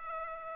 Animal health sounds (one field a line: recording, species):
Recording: mosquito wingbeat signal from an infrared sensor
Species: Culex pipiens